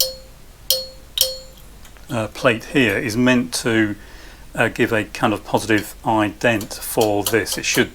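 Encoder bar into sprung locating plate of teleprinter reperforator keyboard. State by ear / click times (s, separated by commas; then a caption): not seated / none. An encoder bar is fitted into the keyboard of a Siemens and Halske teleprinter reperforator, where its end should engage a sprung metal locating plate and click into place. Three sharp, ringing taps sound at about 0.0, 0.7 and 1.2 seconds, followed by someone talking. The plate is not touching the bar, which is just floating freely, and nothing has clicked into place yet.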